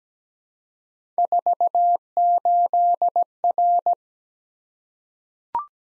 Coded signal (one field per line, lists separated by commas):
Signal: Morse code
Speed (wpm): 17 wpm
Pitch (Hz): 700 Hz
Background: none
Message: 48R